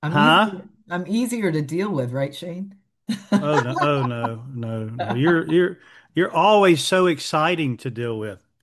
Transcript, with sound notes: I'm easier to deal with, right, Shane? (laughs)
Oh, no. Oh, no. No. You're, you're, you're always so exciting to deal with.